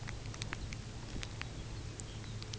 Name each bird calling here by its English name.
Lapland Longspur